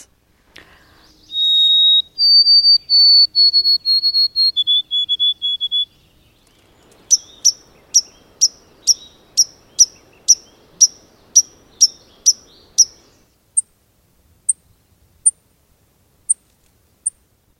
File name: White-throated Sparrow Gonewiththe Wind